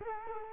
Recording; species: mosquito wingbeat signal from an infrared sensor; Culex quinquefasciatus